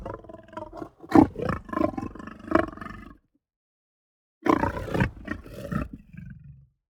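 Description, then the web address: Lion growling and roaring in two rough, throaty phrases separated by a brief silence, the second fading into a low rumble. "lion roar growl shake"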